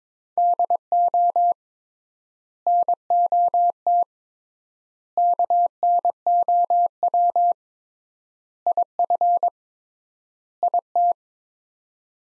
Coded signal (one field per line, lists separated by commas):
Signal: Morse code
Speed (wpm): 22 wpm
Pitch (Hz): 700 Hz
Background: none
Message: DO NOT KNOW IF IT